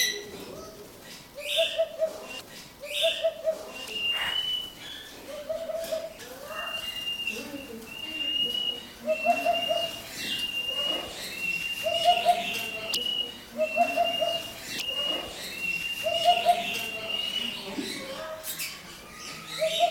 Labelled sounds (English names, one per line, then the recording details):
Eurasian Hoopoe call
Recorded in captivity
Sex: group
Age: adult
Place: Zoo Berlin, Berlin, DE
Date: 1997-01-18 12:25
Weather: bedeckt, -1°C
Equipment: Nagra SN, Kopie Uher 4000 Report Monitor
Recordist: Tembrock, Günter